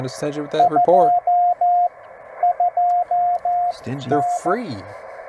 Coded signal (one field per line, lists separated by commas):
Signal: Morse code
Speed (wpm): 14 wpm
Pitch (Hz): 710 Hz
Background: speech, radio noise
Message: 22N